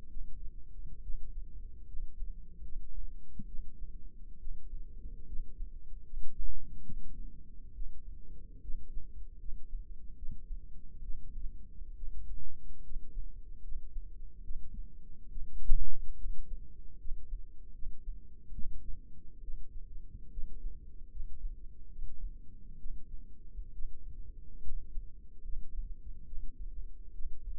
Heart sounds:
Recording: heart sounds by microphone in the left ear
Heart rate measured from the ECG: 71 bpm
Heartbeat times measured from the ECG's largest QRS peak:
0.09 s: heartbeat
1.02 s: heartbeat
1.87 s: heartbeat
2.63 s: heartbeat
3.47 s: heartbeat
4.39 s: heartbeat
5.27 s: heartbeat
6.04 s: heartbeat
6.85 s: heartbeat
7.74 s: heartbeat
8.62 s: heartbeat
9.39 s: heartbeat
10.17 s: heartbeat
11.02 s: heartbeat
11.96 s: heartbeat
12.84 s: heartbeat
13.63 s: heartbeat
14.43 s: heartbeat
15.30 s: heartbeat
16.18 s: heartbeat
16.99 s: heartbeat
17.74 s: heartbeat
18.53 s: heartbeat
19.42 s: heartbeat
20.31 s: heartbeat
21.10 s: heartbeat
21.90 s: heartbeat
22.78 s: heartbeat
23.73 s: heartbeat
24.62 s: heartbeat
25.43 s: heartbeat
26.26 s: heartbeat
27.13 s: heartbeat
From the record:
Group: healthy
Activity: rest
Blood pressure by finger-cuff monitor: 134/59 mmHg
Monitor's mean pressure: 81 mmHg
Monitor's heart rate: 69 bpm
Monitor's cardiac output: 7.8 L/min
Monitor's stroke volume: 111 mL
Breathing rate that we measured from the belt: 16 breaths a minute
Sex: female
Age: 22 years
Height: 160 cm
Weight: 63 kg

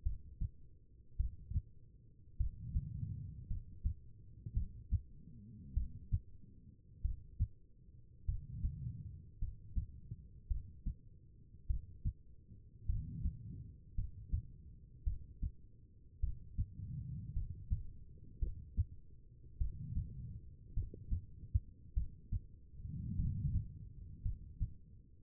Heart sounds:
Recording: heart sounds by stethoscope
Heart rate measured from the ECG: 52 bpm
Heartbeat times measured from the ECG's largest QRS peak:
0.03 s: heartbeat
1.17 s: heartbeat
2.37 s: heartbeat
3.47 s: heartbeat
4.53 s: heartbeat
5.74 s: heartbeat
7.02 s: heartbeat
8.25 s: heartbeat
9.39 s: heartbeat
10.48 s: heartbeat
11.67 s: heartbeat
12.86 s: heartbeat
13.95 s: heartbeat
15.04 s: heartbeat
16.20 s: heartbeat
17.33 s: heartbeat
18.39 s: heartbeat
19.58 s: heartbeat
20.74 s: heartbeat
21.94 s: heartbeat
23.16 s: heartbeat
24.22 s: heartbeat
From the record:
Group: healthy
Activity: rest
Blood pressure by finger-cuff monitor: 91/61 mmHg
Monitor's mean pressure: 70 mmHg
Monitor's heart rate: 52 bpm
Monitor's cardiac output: 4 L/min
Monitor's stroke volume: 76 mL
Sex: female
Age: 36 years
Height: 163 cm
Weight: 88 kg

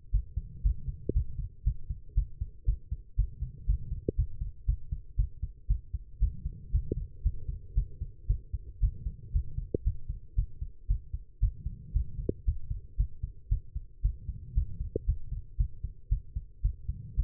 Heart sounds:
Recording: heart sounds by stethoscope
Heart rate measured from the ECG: 116 bpm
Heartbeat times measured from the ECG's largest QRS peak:
0.11 s: heartbeat
0.63 s: heartbeat
1.13 s: heartbeat
1.64 s: heartbeat
2.15 s: heartbeat
2.65 s: heartbeat
3.16 s: heartbeat
3.66 s: heartbeat
4.16 s: heartbeat
4.66 s: heartbeat
5.16 s: heartbeat
5.68 s: heartbeat
6.20 s: heartbeat
6.72 s: heartbeat
7.23 s: heartbeat
7.75 s: heartbeat
8.27 s: heartbeat
8.80 s: heartbeat
9.33 s: heartbeat
9.84 s: heartbeat
10.36 s: heartbeat
10.88 s: heartbeat
11.40 s: heartbeat
11.93 s: heartbeat
12.45 s: heartbeat
12.97 s: heartbeat
13.49 s: heartbeat
14.02 s: heartbeat
14.55 s: heartbeat
15.06 s: heartbeat
15.57 s: heartbeat
16.09 s: heartbeat
16.62 s: heartbeat
17.16 s: heartbeat
From the record:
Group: healthy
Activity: rest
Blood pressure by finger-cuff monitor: 148/76 mmHg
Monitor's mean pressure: 94 mmHg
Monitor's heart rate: 116 bpm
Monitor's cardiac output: 9.3 L/min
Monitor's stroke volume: 80 mL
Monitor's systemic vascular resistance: 740 dyn s/cm5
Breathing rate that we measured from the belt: 22 breaths a minute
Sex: female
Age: 19 years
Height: 163 cm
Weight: 51 kg

